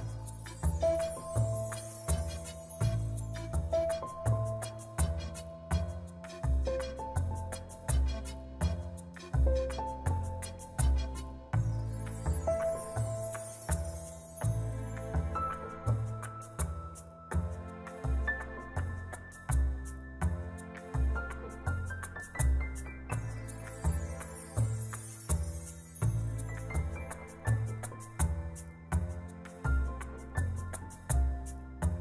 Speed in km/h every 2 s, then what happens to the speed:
59, 58, 55, 45, 27, 24, 33, 39, 46, 52, 53, 53, 56, 58, 52, 48.
0-9 brakes to 24. 10-27 speeds up to 58. 27-32 slows to 48.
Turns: none.